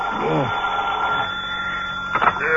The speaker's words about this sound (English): Next morning, the phone awakens you.